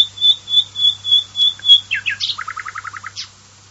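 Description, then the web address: Common nightingale song: six pure, piping whistles on one high pitch swell in turn, then slurred notes lead into a quick, even run of repeated lower notes. "varie usignolo"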